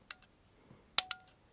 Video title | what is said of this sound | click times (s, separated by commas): Установка нового среднего цевья от компании КРУК CRC 1U020.Тюнинг АК/АКМ. | щелчка слышал щелчок Да пальцем поджали | 1.0 s